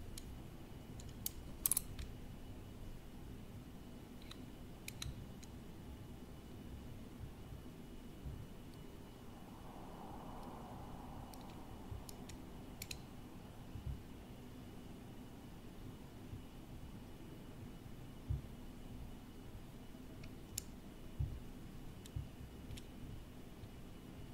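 Office objects are tapped close-up, with a few sharp, isolated clicks near the start, around the middle and toward the end. A brief soft scratching stroke comes near the midpoint. Underneath runs a steady low rumble with a thin, faint whine throughout.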